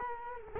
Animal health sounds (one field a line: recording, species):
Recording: mosquito wingbeat signal from an infrared sensor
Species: Culex quinquefasciatus